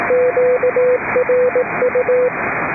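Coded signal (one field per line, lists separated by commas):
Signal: Morse code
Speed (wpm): 18 wpm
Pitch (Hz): 500 Hz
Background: radio noise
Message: QRU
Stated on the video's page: Net on 3.729 MHz, net control operating fully remote from aboard a boat.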